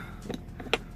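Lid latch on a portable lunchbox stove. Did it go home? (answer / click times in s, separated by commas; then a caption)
no / none. The broken lid latch on a portable lunchbox stove is worked by hand, giving short plastic clacks at about 0.3, 0.6, 0.7 and 1.0 seconds, the strongest near 0.7 and 1.0 seconds. The latch is broken and fails to catch, so nothing has seated or clicked and the lid stays unfastened.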